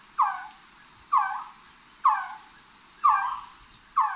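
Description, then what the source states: Resplendent Quetzal calling, a mid-pitched whimpering note that slurs downward, repeated about once every second, five calls in a row. Call described as sounding like a whimpering pup.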